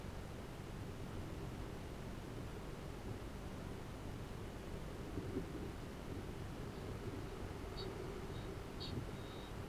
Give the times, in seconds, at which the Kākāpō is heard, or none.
6.38-9.64